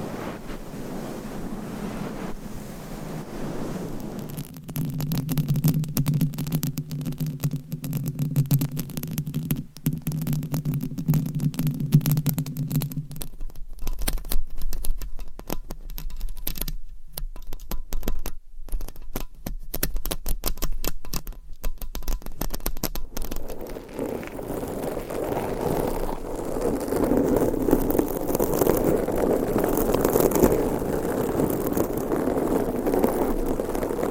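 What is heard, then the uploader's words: Microphone scratching and rubbing shifts in texture, a low droning hum from about 5 to 13 seconds, then dense crackling bursts before softening. ASMR Mic Scratching That Changes Every 20 Seconds ASMR for ADHD - No Talking.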